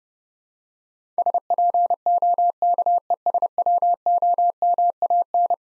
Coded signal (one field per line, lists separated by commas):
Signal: Morse code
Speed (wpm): 31 wpm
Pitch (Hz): 700 Hz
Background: none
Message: SPOKESWOMAN